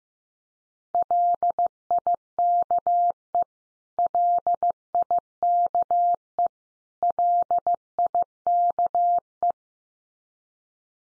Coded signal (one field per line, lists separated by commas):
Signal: Morse code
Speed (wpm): 15 wpm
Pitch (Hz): 700 Hz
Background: none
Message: LIKE LIKE LIKE